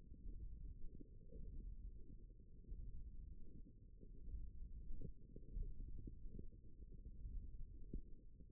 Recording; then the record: forearm muscle sounds (acoustic myography)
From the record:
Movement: finger pinch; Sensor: system 1, eight BSWA MPA416 microphones around the upper forearm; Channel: 4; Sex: female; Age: 22 years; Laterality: right